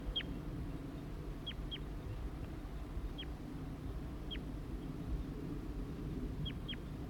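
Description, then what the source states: Crossbill calls: several sharp, high, downslurred notes given singly or in pairs over steady low rumbling background noise. Juvenile giving loud begging calls after the male flew off southwest to join it; the female is with it; in pines, including table mountain pine.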